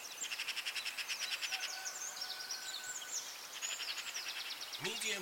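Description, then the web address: Birds singing together at dawn, a rapid pulsing trill running for the first seconds over layered twittering, then a couple of lower arching notes at the end. Dawn chorus at dawn in Anglesey, Wales. "beanstalk-audio Dawn chorus in Anglesey Wales"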